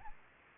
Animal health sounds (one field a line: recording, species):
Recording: mosquito wingbeat signal from an infrared sensor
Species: Aedes aegypti